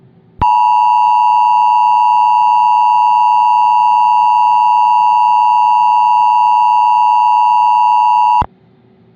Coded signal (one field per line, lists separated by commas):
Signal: Emergency Alert System (SAME) tones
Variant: 853 and 960 Hz attention tone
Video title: [EAS Mock] "West Salem Wild Fire" (NOV 14, 2010)